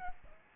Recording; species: mosquito wingbeat signal from an infrared sensor; Aedes albopictus